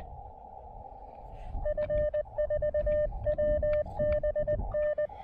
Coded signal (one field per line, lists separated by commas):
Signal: Morse code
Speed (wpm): 20 wpm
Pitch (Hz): 590 Hz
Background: radio noise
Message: F4WBN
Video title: Rendezvous Mountain SOTA & POTA: QRP DX with 5 watts and speaker wire!